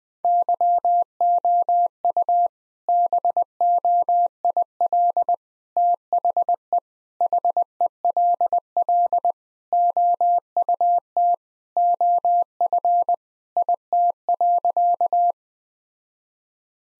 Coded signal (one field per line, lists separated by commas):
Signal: Morse code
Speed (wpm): 20 wpm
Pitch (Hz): 700 Hz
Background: none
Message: YOU BOIL THE HELL OUT OF IT.